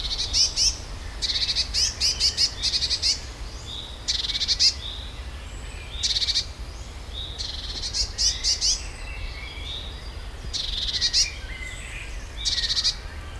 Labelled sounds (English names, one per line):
Eurasian Blue Tit